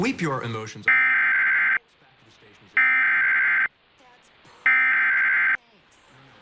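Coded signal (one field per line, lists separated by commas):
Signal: Emergency Alert System (SAME) tones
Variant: header bursts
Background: speech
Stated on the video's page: Real alerts and tests received over about two weeks.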